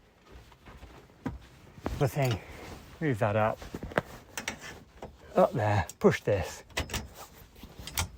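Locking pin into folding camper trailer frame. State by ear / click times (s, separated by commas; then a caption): seated / 8.0 s. A spring-loaded metal locking pin on a folding camper trailer frame is pressed and pushed in until it locks, with someone talking throughout and scattered knocks and clicks. The pin clicks into place at 7.98 s, and the pin is seated.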